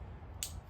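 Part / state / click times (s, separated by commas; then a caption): adapter connector into LED tail light plug / seated / 0.4 s. A plastic adapter connector is plugged into the plug of a new LED tail light on a Jeep Wrangler 392 Rubicon. Over a low, steady rumble, a single sharp, bright click sounds at 0.4 s as the connector seats and locks in.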